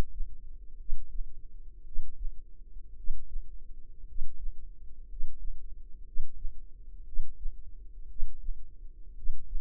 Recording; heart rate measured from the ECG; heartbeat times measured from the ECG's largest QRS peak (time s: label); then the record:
heart sounds by microphone in the left ear; 57 bpm
0.76 s: heartbeat
1.82 s: heartbeat
2.93 s: heartbeat
4.04 s: heartbeat
5.05 s: heartbeat
6.02 s: heartbeat
7.03 s: heartbeat
8.06 s: heartbeat
9.13 s: heartbeat
From the record:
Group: healthy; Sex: male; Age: 25 years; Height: 170 cm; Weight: 70.4 kg